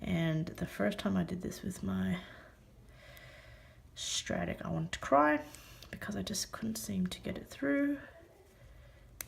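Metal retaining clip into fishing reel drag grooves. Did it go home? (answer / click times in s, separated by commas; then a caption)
yes / 9.2 s. Someone talks while a small metal retaining clip is pressed into the grooves inside the drag assembly of an Okuma RTX-40S fishing reel during a Carbontex drag washer upgrade. A sharp, short click sounds at 9.2 seconds as the clip seats in the grooves.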